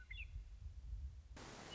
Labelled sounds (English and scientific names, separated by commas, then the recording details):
Western Meadowlark (Sturnella neglecta)
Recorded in Sonoma County, California